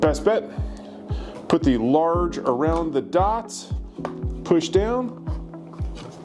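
Someone talks over background music while a plastic water bottle or sand-and-seed holder mount is placed over the dots on the frame of a Cart Tek 1500 V3 electric remote-control golf cart and pushed down. The clip ends just before the part goes home, so nothing has seated or clicked yet.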